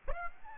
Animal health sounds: mosquito wingbeat signal from an infrared sensor; Aedes aegypti

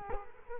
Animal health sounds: mosquito wingbeat signal from an infrared sensor; Culex quinquefasciatus

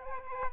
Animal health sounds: mosquito wingbeat signal from an infrared sensor; Aedes albopictus

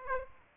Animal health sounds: mosquito wingbeat signal from an infrared sensor; Aedes aegypti

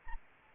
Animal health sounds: mosquito wingbeat signal from an infrared sensor; Anopheles arabiensis

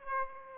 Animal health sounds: mosquito wingbeat signal from an infrared sensor; Aedes aegypti

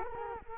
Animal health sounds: mosquito wingbeat signal from an infrared sensor; Culex quinquefasciatus

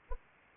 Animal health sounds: mosquito wingbeat signal from an infrared sensor; Anopheles arabiensis

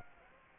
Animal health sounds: mosquito wingbeat signal from an infrared sensor; Aedes aegypti

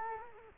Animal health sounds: mosquito wingbeat signal from an infrared sensor; Culex quinquefasciatus

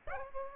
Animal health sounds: mosquito wingbeat signal from an infrared sensor; Aedes aegypti

